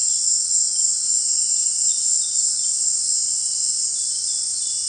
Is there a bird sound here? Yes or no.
no